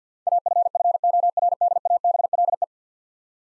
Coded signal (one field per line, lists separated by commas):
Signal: Morse code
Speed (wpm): 49 wpm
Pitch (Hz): 700 Hz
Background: none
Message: AFFORDABLE